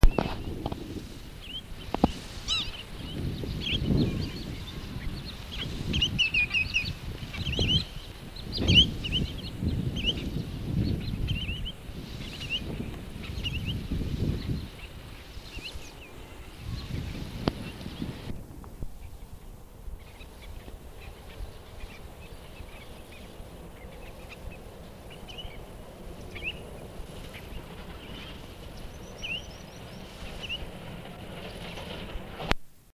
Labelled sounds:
Common Snipe (Gallinago gallinago) call, Wood Sandpiper (Tringa glareola)
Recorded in the wild
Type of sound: call
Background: Tringa glareola
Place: Berlin-Karow, Berlin, DE
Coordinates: 52.61, 13.48
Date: 1965-09-22 16:00
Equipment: Magnetophon 300, Transistorverstärker, Sennheiser MD 421
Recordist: Tembrock, Günter
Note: Rufe (am Boden), daneben Bruchwasserläufer. Zwischen Berlin-Buch und Berlin-Karow, Rieselfelder - nahe der Straße

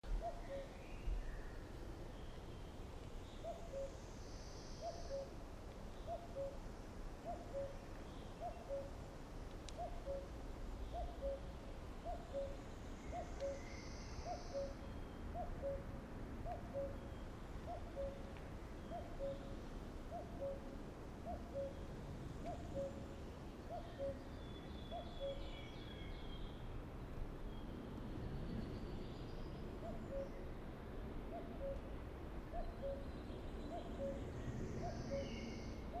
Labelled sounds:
Common Cuckoo (Cuculus canorus)
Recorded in the wild
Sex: male
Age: adult
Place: Bucher Forst, Barnim, Berlin, DE
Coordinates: 52.6486, 13.4764
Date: 2002-05-22 12:46
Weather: heiter, 20°C
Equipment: Tascam DA-P1, Sennheiser MKH 70, Windkorb
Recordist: Frommolt, Karl-Heinz
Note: Bucher Forst nördlich der Hobrechtsfelder Chaussee: Rufe

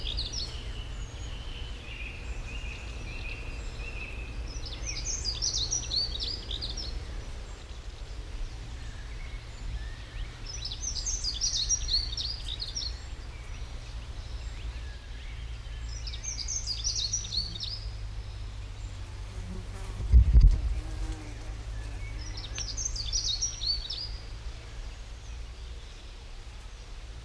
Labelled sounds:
Dunnock (Prunella modularis)
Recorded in the wild
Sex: male
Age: adult
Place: Kremmen, Brandenburg, DE
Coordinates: 52.76, 13.03
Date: 1995-06-03 15:14
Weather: heiter, 18-20°C
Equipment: Marantz CP 430, Sennheiser ME 80, Kopie Uher 4000 Report Monitor
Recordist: Tembrock, Günter

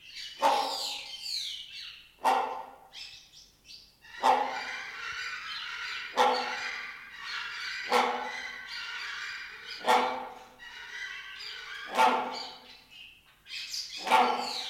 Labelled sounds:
Great Hornbill (Buceros bicornis)
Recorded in captivity
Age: adult
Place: Zoo Berlin, Berlin, DE
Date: 1992-04-04 10:21
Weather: bedeckt, 5-8°C
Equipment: Nagra SN, Mikrofon AKG CK 8, Kopie Tesla B 116
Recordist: Tembrock, Günter

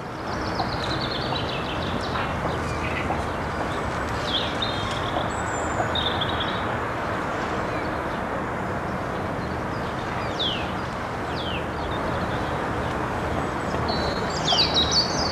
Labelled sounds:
European Robin (Erithacus rubecula) song
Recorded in the wild
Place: Locarno, Tessin, CH
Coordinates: 46.1689, 8.78861
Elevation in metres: 214
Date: 1978-03-10
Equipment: Uher 4000 Report
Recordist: Tretzel, Erwin

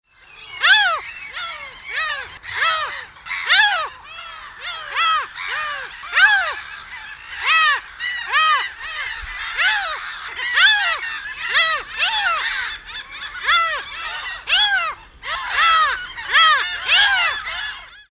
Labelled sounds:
Laughing Gull (Leucophaeus atricilla)
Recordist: Tembrock, Günter
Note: Katzenruf

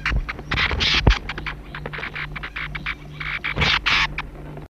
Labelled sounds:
Pririt Batis (Batis pririt) call
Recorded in captivity
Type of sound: call
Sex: female
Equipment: Halbspur, 9,5 cm/s
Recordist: Lütgens, Hans
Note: Weibchen in Hand

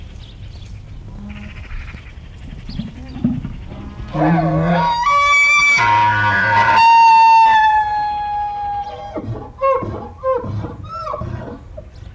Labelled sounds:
Wapiti (Cervus canadensis) call
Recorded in captivity
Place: Tierpark Berlin, Berlin, DE
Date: 1975-09-21
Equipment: Uher CR 210, Sennheiser MD 421, Verstärker, Kopie Uher 4200
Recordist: Tembrock, Günter

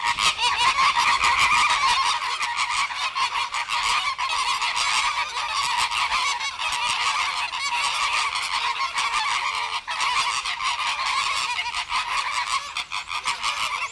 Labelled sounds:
American Flamingo (Phoenicopterus ruber) call
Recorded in captivity
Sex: diverse
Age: adult
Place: Zoo Berlin, Berlin, DE
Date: 1994-01-15 10:27
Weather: wechselnd wolkig, +5 °C
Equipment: Marantz CP 430, Sennheiser MKH 416 T, Kopie Uher Variocord 263
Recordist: Tembrock, Günter

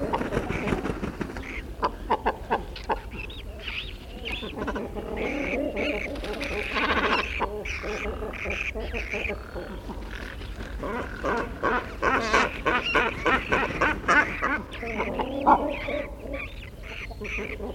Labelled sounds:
Great Cormorant (Phalacrocorax carbo) call
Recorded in the wild
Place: Sundhagen, Mecklenburg-Vorpommern, DE
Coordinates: 54.255, 13.193
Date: 1978-04-23 08:40
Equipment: Nagra III BH, Sennheiser MD 21, parabola
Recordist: Schubert, Michael

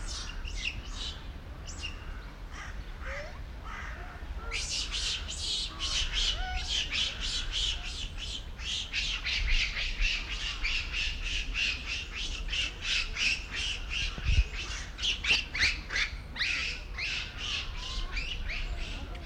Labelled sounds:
Japanese Macaque (Macaca fuscata)
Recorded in captivity
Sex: group
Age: diverse
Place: Zoo Berlin, Berlin, DE
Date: 1994-10-01 14:16
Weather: wolkig (Regen)-heiter, 12°C
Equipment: Marantz CP 430, Sennheiser ME 80, Kopie Uher Variocord 263
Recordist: Tembrock, Günter
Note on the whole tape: Laute in Gruppe

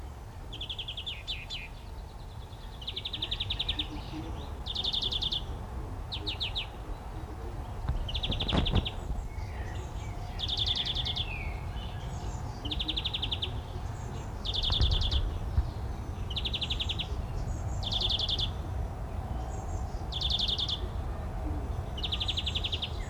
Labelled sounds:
European Greenfinch (Chloris chloris) song
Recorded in the wild
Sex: male
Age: adult
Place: Summt, Grundstück, Brandenburg, DE
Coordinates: 52.6931, 13.3619
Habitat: garden
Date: 1975-05-04 14:00
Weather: 13°C
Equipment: Uher CR 210, Sennheiser MD 421, Verstärker, Kopie Uher 4200
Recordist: Tembrock, Günter

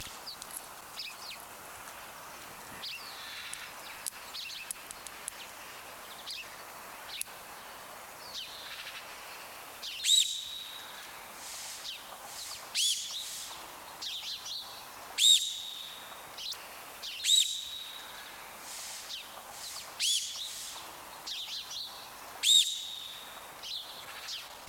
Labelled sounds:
Mountain Reedbuck (Redunca fulvorufula)
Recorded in captivity
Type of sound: whistle
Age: adult
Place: Tierpark Berlin, Berlin, DE
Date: 1997-02-02
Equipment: Sony WM-D6C, Kopie Uher 4000 Report Monitor
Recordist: Riede, Tobias
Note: Zwei Tiere: Pfiffe

